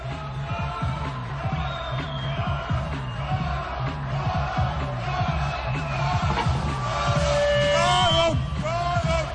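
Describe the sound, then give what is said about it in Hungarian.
A crowd applauds the political opposition steadily, the clapping falling into a loose rhythmic beat, with cheers, shouts and a few whistles rising over it and growing louder toward the end. “Tapsoljuk meg a kemény ellenzéket!”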